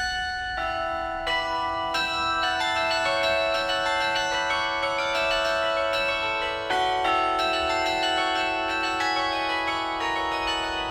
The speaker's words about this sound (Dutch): En hier tussen de vrachtwagens staat een bijzonder exemplaar, namelijk een truck met daar achterop een compleet carillon. De 53 klokken hangen in een zwaar stalen frame.